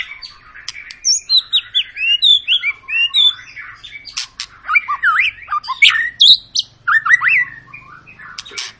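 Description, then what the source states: White-rumped shama song: bright chirps and looping whistles in short phrases, with sharp clicks between. Long lure song of an energetically singing white-rumped shama, used to provoke other birds to sing.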